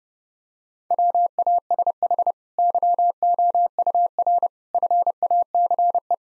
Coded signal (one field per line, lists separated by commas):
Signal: Morse code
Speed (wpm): 30 wpm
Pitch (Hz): 700 Hz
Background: none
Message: WASH YOUR FACE